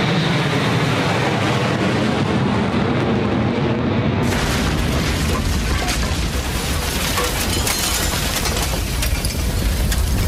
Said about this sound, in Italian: È l'ottobre del 1951. Un Douglas Ed-1, un aereo militare dell'esercito degli Stati Uniti, si è appena schiantato a poche miglia dalla costa della California durante un'esercitazione. A bordo ci sono 5 persone.